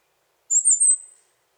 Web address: Birds of the Costa Rican Cloud Forest Song, call